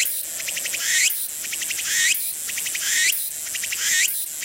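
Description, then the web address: Walker's cicada singing: a rhythmic series of high, rasping pulses that swell into a rising sweep, the phrase returning about once per second. Insect call. "昆虫 セミ ツクツクボウシ（ツクツクホウシ）の鳴き声. arpla 自然音研究室"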